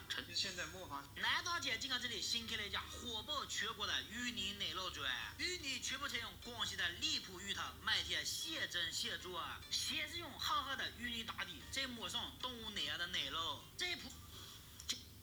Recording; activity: daily activity, guitar pickup as the sensor; browse video